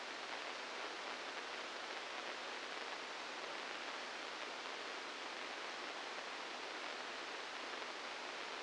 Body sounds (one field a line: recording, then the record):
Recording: brain microelectrode recording played as sound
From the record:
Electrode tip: inside the subthalamic nucleus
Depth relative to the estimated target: -2 mm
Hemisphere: left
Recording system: NeuroSet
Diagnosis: Parkinson's disease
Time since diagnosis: 15 years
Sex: female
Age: 59 years